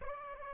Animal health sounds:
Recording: mosquito wingbeat signal from an infrared sensor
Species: Aedes aegypti

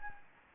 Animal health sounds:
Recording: mosquito wingbeat signal from an infrared sensor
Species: Anopheles gambiae

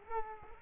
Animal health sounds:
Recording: mosquito wingbeat signal from an infrared sensor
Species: Culex quinquefasciatus

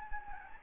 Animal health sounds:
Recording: mosquito wingbeat signal from an infrared sensor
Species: Anopheles gambiae

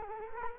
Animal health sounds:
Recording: mosquito wingbeat signal from an infrared sensor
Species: Culex quinquefasciatus

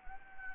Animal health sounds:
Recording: mosquito wingbeat signal from an infrared sensor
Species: Anopheles gambiae

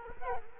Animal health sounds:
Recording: mosquito wingbeat signal from an infrared sensor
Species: Culex quinquefasciatus

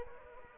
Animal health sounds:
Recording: mosquito wingbeat signal from an infrared sensor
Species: Anopheles arabiensis

